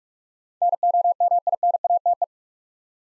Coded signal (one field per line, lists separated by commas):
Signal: Morse code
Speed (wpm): 46 wpm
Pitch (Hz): 700 Hz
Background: none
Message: NOMINATE